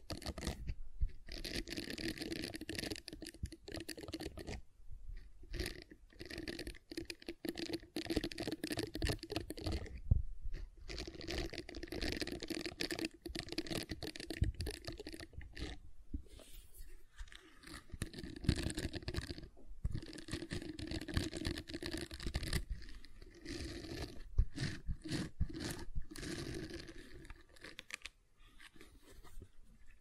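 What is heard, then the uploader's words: Gentle silicon sounds: dense, crackly rustling and clicking that runs throughout, broken by brief gaps, with a softer, sparser stretch near the end. ASMR Gentle Silicon Sounds for Sleep (No Talking).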